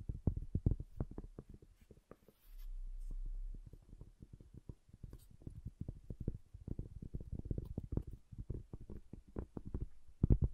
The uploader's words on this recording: ASMR Calming Wood Triggers for Sleep (No Talking).